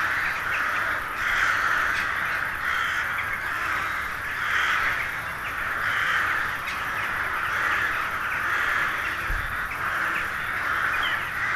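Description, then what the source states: Crows in a large group, cawing continuously, the overlapping calls pulsing in loose waves across the whole stretch. Hundreds of crows gathering at dusk in winter to settle for the night in a poplar wood at Neuflize.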